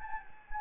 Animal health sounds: mosquito wingbeat signal from an infrared sensor; Anopheles gambiae

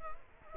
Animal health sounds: mosquito wingbeat signal from an infrared sensor; Culex quinquefasciatus

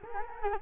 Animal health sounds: mosquito wingbeat signal from an infrared sensor; Culex quinquefasciatus

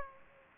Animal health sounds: mosquito wingbeat signal from an infrared sensor; Aedes aegypti

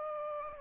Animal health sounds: mosquito wingbeat signal from an infrared sensor; Aedes aegypti

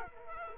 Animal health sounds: mosquito wingbeat signal from an infrared sensor; Culex quinquefasciatus

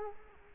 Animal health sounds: mosquito wingbeat signal from an infrared sensor; Culex quinquefasciatus

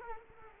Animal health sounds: mosquito wingbeat signal from an infrared sensor; Culex quinquefasciatus

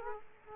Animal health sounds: mosquito wingbeat signal from an infrared sensor; Aedes aegypti

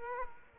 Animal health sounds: mosquito wingbeat signal from an infrared sensor; Culex quinquefasciatus

